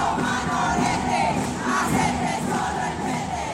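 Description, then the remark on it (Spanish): A large crowd at a protest march chants together in loud, sustained unison, voices rising and falling in a rough rhythmic swell, with no single speaker standing out. “Bueno, se cortó, sí, lo estaba escuchando ahí las cánticos y reviviendo con toda la energía, que bueno.”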